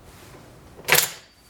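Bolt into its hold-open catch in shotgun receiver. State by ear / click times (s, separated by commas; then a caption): seated / 0.9 s. After refitting the barrel on a Mossberg 930 JM Pro Series shotgun, the bolt is pulled back into its hold-open catch in the receiver. A sharp metallic clack at 0.9 s rings briefly over a quiet background. The bolt catches and stays locked to the rear.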